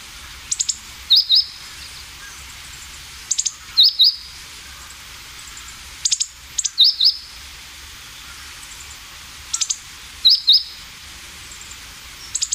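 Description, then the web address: Meadow bunting calls: a quick burst of thin, high ticks followed by a pair of sharp, slurred chips, repeated about every three seconds over a faint steady hiss. "sikioto. houzirozinaki"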